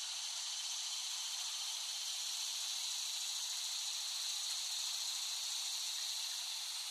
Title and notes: The Cicadas of Summer. Recording of cicadas made by Dan Bodah in West Brighton, Staten Island, late summer 2008